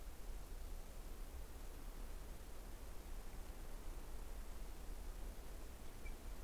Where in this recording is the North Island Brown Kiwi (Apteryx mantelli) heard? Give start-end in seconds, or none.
none